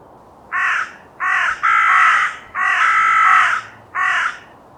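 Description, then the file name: Carrion crow giving five harsh, rasping caws in quick succession, the middle two drawn out longer than the short first and last calls. "Corvus corone"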